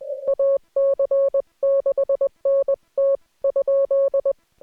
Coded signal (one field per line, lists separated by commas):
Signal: Morse code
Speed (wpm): 21 wpm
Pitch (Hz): 550 Hz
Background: none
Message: AC6NT ?